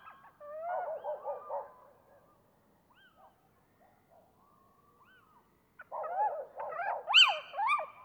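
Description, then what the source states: Little owl calls: bursts of wavering, yelping notes at the start and end, separated by a quiet stretch holding a few soft notes and a drawn-out mewing note. A pair of little owls giving various loud calls while interacting with neighbouring owls.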